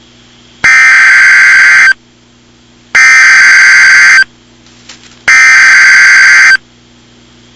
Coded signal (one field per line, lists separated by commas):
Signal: Emergency Alert System (SAME) tones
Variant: header bursts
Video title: EAS Mock Scenario: Ninja Invasion